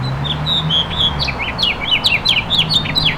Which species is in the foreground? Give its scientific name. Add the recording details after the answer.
Haemorhous mexicanus. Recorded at East Hampton on Long Island, New York, on 15 June 2013. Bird C